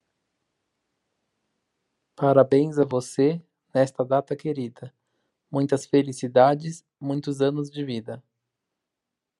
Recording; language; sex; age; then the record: short text; Brazilian Portuguese; male; 30 to 39 years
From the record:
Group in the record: control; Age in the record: 34 years